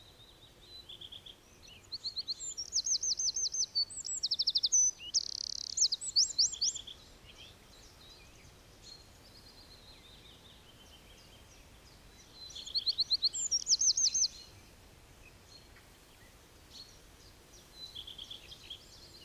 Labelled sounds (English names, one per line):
Eurasian Wren song